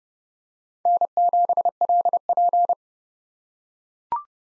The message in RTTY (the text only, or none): none